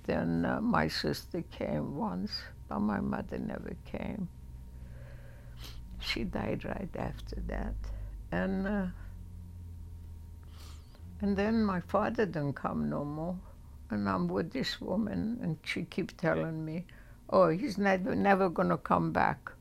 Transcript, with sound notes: And my sister came once but my mother never came. She died right after that. And — [sniffs] and then my father didn't come no more and I'm with this woman and she keep telling me, "Oh, he's n — never going to come back.